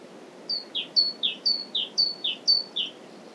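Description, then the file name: Great tit song: a ringing high-then-low two-note phrase repeated five times, steady and quick, over quiet background hiss. "Parus major"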